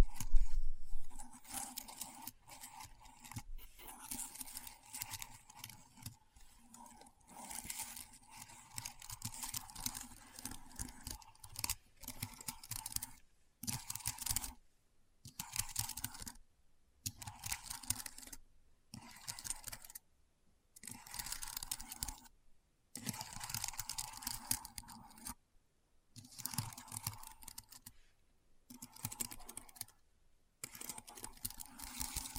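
Keyboard typing in bursts of quick, uneven keystrokes, each burst lasting a second or two and separated by brief silences throughout. The clicks are crisp and bright with a soft, hollow thud underneath, and the first second opens with a louder clack.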